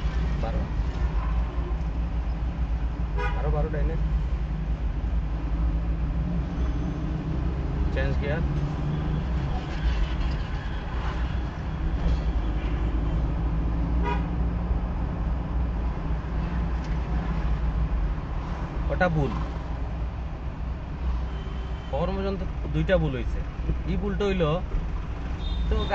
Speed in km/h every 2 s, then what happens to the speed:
25, 23, 24, 21, 26, 32, 33, 32, 36, 37, 34, 24, 18.
0-7 steady at about 23. 7-18 speeds up to 37. 18-26 slows to 18.